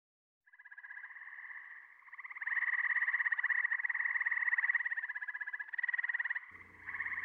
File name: dan-gibsons-solitudes gray-tree-frog